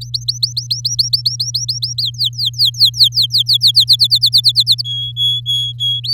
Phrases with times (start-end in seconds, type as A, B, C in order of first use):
0.01-2.02 A, 2.02-3.85 B, 3.87-4.82 C, 4.84-6.00 D, 6.04-6.13 E